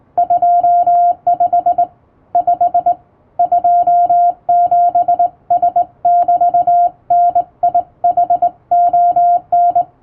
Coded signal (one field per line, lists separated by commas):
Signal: Morse code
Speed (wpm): 20 wpm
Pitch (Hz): 700 Hz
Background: music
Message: 25 5 27S<BT>NIHON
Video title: モールスを正しい姿勢、基本的な打ち方で打ちました！綺麗な手打ちモールス符号で送信しよう！欧文モールス信号を電報練習帳で打ってみました！電気通信術の練習にどうぞ(morse code practice)